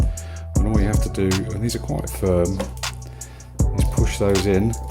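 A DDR4 memory stick is being handled and pushed down into a motherboard DIMM slot while someone talks over background music. Short taps and knocks are heard as it is pressed, but nothing has seated or clicked yet.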